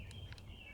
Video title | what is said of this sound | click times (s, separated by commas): Holy Stone HS175D GPS Drone | and you hear it click into place, and it's engaged. | 0.3 s, 0.4 s